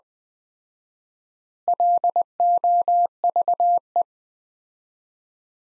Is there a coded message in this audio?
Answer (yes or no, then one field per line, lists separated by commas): yes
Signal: Morse code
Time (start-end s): 1.7-4.0 s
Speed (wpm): 20 wpm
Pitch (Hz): 700 Hz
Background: none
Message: LOVE